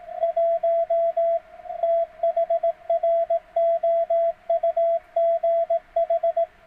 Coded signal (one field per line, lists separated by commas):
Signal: Morse code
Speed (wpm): 18 wpm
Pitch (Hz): 660 Hz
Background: radio noise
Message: 1 THROUGH